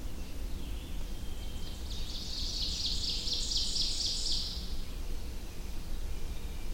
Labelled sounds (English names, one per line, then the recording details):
Ovenbird song
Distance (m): 50 m
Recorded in boreal forest in Alberta, Canada, on 21 June 2016 at 06:51
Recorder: SongMeter 3, array SBT-6-81
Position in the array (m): 32 m, 95 m
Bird 24